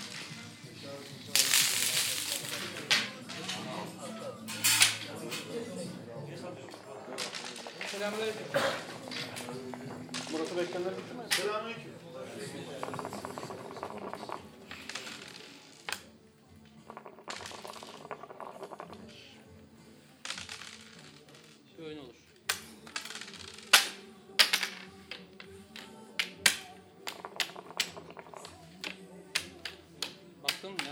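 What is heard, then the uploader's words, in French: A walk through Istanbul streets and workshops, with voices talking throughout and a busy, shifting clatter. Sharp clicks and knocks repeat often, growing denser and louder after about 22 seconds, with a bright hissing burst near the start. Promenade à Istanbul, sur le port et dans les rues. Dans les ateliers de tissage. Au souk et au café. Prise de son et réalisation : Jeanne Robet.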